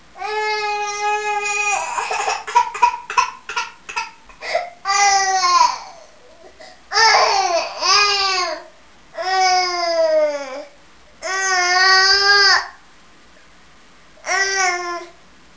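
An infant cries in repeated wailing bursts of about one to one and a half seconds, roughly six cries over fifteen seconds, with gasping breaths and fussing sounds between them. The cry is high-pitched and tonal with falling pitch contours.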